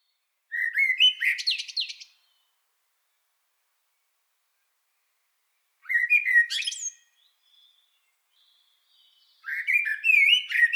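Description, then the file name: Eurasian blackbird singing three phrases, each a low mellow whistled start rising into high scratchy twittering notes, with pauses of several seconds between them. "Turdus merula"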